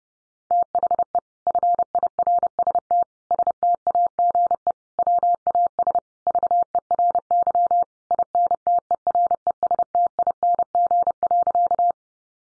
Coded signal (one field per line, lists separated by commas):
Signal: Morse code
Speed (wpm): 30 wpm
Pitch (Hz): 700 Hz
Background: none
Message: THE FIRST STAGE WAS VERY INTERESTING.